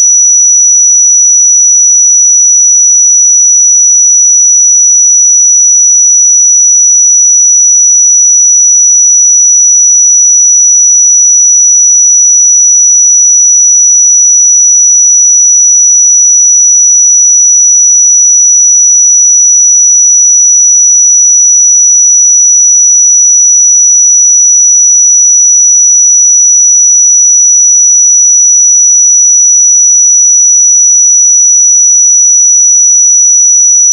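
A pure 5887 Hz sine tone holds perfectly steady and bright at an even level for the whole clip, with no other sounds.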